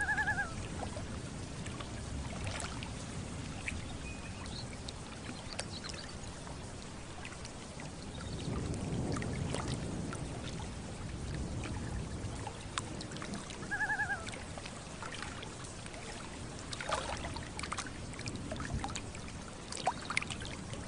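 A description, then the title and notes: Gentle water laps and trickles steadily over a low, continuous rumble that swells into a deeper roll of thunder around the eighth to tenth second. Two brief, wavering loon calls rise near the start and again around fourteen seconds, with scattered small splashes throughout. Thunderstorm and Loons on Lake with Gentle Water Lapping.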